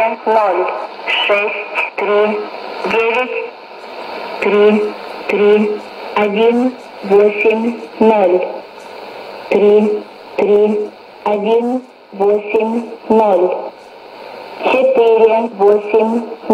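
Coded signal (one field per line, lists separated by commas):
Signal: numbers station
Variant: S06s, Russian female voice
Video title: 10 05 2017 Numbers station S06s Russian Lady in Russian to Eu 0824 on 9485 unknown tx site in CUSB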